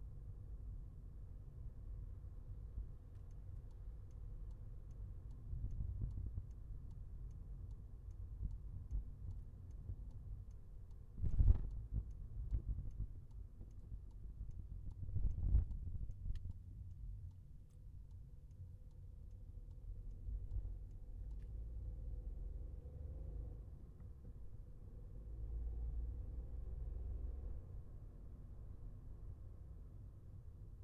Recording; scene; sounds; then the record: everyday scene through a hearing-aid microphone; in a vehicle; engine, highway traffic jam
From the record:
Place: Skoda Fabia, gasoline engine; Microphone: behind the ear, left, front